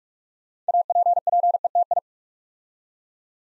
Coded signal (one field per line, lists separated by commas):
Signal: Morse code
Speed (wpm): 44 wpm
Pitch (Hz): 700 Hz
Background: none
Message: APPETI